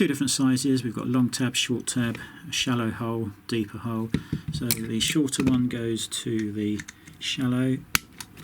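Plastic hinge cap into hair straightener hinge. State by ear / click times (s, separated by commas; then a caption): not seated / none. Someone talks while handling plastic hinge caps for a GHD 4.2 Type 2 hair straightener hinge, which come in two sizes with long or short tabs for the deeper or shallow holes, lining up the shorter tab to go into the shallow hole. A brief sharp tap sounds near 8.2 s, but nothing has seated or clicked into place yet.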